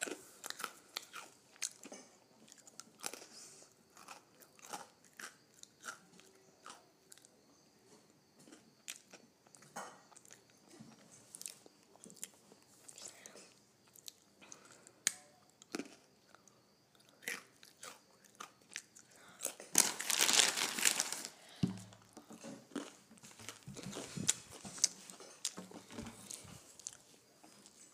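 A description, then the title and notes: Potato chips are crunched in irregular bursts of sharp crackles, with a louder rustling burst near twenty seconds and busier chewing afterward. Crunching on Potato Chips.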